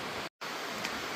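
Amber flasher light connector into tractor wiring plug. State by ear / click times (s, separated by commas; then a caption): seated / 0.9 s. The wiring connector of an amber flasher light is pushed into a tractor's wiring plug with two hands against steady broadband hiss, which cuts out briefly around 0.3 to 0.4 s. A short, sharp click comes at 0.9 s as the connector seats, and it is confirmed plugged in.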